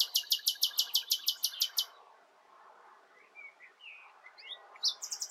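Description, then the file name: Common nightingale singing a rapid series of harsh, clicking repeated notes, followed by soft scattered whistles and a new loud phrase starting at the end. "Luscinia megarhynchos"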